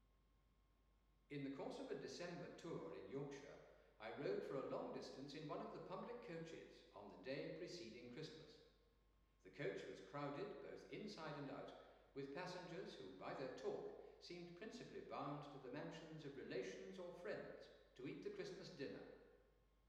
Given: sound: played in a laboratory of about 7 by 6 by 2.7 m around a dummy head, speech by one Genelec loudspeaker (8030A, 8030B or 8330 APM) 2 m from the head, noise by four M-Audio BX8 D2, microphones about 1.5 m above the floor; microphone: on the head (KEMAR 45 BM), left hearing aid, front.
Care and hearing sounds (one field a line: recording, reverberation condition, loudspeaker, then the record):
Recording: male speech in English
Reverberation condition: high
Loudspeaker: 60 degrees to the left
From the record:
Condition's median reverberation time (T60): about 1300 ms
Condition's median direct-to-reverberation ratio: about -4.0 dB